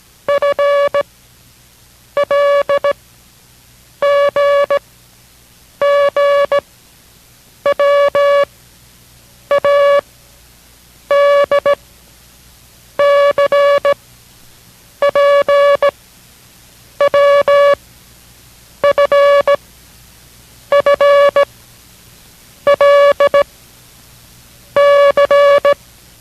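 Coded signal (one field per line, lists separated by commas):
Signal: Morse code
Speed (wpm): 17 wpm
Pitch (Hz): 570 Hz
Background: music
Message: F L G G W A D C P W F F L C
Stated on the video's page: Morse code course lesson, learning code by sound, progressing over 12 lessons to five words per minute.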